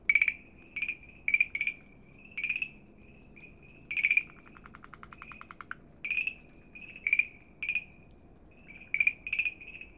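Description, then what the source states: Farmland green treefrog calling in bright short notes, often doubled, every second or so, with a pulsed rattle around the four-second mark. Recorded at Dalin on 30 May 2009.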